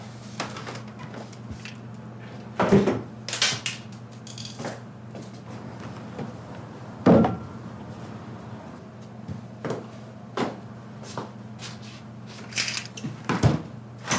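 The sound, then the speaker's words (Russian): A door is shut on a neighbour with a few dull knocks and clatters, followed by shuffling and small thuds as a bottle of cognac is carried to the balcony, over a steady low hum. No one speaks. “Закрывает дверь перед соседкой и относит коньяк на балкон.”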